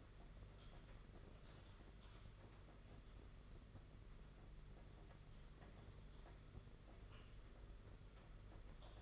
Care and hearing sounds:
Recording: daily activity, microphone in the room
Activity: typing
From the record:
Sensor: 4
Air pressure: 992.6 hPa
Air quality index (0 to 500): 137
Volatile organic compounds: 62 ppm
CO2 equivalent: 3435 ppm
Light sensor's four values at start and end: 19/66/24/25 and 19/66/24/25

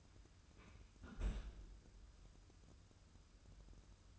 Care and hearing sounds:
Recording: daily activity, microphone in the room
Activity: close fridge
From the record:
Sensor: 2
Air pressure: 994.3 hPa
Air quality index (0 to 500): 212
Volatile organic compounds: 1000 ppm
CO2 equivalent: 7037 ppm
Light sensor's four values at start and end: 133/317/134/139 and 129/309/130/135

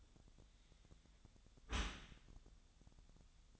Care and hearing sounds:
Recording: daily activity, microphone in the room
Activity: close dishwasher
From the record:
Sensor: 3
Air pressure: 1004.7 hPa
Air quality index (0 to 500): 108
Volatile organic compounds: 4 ppm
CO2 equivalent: 1702 ppm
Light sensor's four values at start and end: 7/17/7/6 and 7/17/7/6

